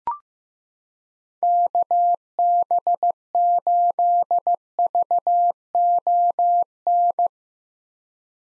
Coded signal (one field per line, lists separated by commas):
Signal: Morse code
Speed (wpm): 15 wpm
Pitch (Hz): 700 Hz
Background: none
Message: KB8VON